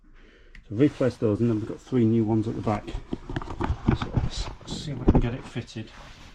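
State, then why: Not seated. Replacement plastic trim clips are handled for fitting into a vehicle panel on a Discovery 3 during a front air spring job, replacing old plastic clips that had snapped off. Someone talks throughout, with brief handling ticks near 0.6, 3.9 and 4.0 seconds. Nothing has seated or clicked yet.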